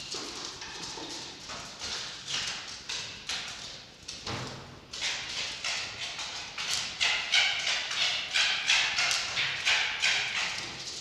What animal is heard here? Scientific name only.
Vulpes vulpes